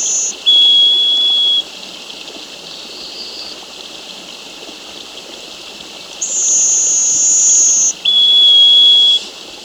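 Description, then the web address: Paramo seedeater singing sustained, flat, high-pitched clear notes one to two seconds long, alternating between a very high note and a lower one, with pauses between, over steady hiss. Ecuador. "Birds of Ecuador. Paramo Seedeater"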